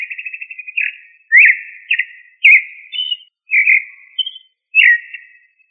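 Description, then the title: Thrush song: a clean run of short whistled phrases, each a rising or falling slur or a quick trill, set apart by brief pauses; nothing else can be heard. Thrush of the family Turdidae, called sabiá. "Familia Turdidae - Sabia"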